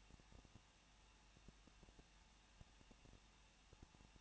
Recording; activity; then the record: daily activity, microphone in the room; no activity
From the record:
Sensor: 1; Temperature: 20.1 degrees Celsius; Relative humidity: 39.0%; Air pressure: 1006.6 hPa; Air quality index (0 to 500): 216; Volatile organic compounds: 71 ppm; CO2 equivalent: 3529 ppm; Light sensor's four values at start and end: 1/2/1/1 and 1/2/1/1